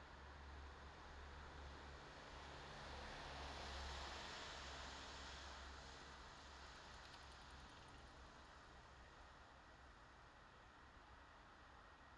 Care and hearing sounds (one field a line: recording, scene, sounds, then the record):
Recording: everyday scene through a hearing-aid microphone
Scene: in traffic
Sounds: traffic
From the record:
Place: bus stop on a city main road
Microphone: in the ear canal, left